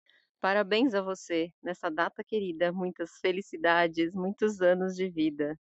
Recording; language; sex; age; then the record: short text; Brazilian Portuguese; female; 40 to 49 years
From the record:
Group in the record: control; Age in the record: 45 years